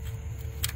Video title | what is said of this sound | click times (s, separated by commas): Valve Cover Gasket Replacement 05 Honda Odyssey 3.5L Touring (Part 2) | connect it clicks and | 0.6 s